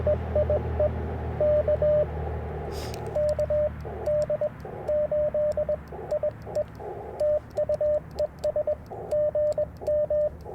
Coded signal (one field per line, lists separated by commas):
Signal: Morse code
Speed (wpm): 21 wpm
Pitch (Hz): 600 Hz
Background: radio noise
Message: EIE K KD8IE TU ES GM